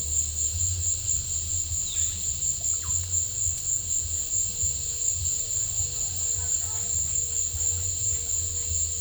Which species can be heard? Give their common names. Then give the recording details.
Russet-backed Oropendola. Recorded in pastures near Puerto Asís, Putumayo, Colombia, on 22 December 2024 at 16:30. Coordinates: 0.496, -76.326. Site G004